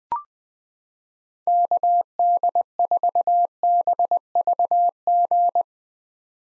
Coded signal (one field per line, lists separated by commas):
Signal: Morse code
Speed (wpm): 20 wpm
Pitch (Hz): 700 Hz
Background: none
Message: KD4BVG